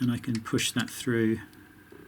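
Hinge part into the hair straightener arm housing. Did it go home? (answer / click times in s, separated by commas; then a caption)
no / none. Someone talks while pushing the slightly proud plastic hinge part of a GHD 4.2 Type 1 hair straightener through into its arm housing, after lining it up with a small screwdriver during hinge spring refitting. Only speech and faint handling are heard, and the clip ends before the part goes home: nothing has seated or clicked yet.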